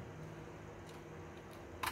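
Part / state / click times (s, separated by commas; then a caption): plastic add-on part onto side of combining toy robot / not seated / none. A plastic add-on part is handled as it is about to be plugged onto one side of a combining toy robot. A steady low background hum runs throughout, with faint handling rustles and a brief louder burst of handling noise near the end. The part has not yet gone home, and nothing has seated or clicked yet.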